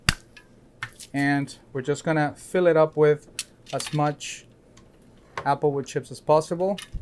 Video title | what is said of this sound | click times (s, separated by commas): August 31, 2020 | and obviously to generate a lot of smoke so we're gonna close one end until it snaps | 0.1 s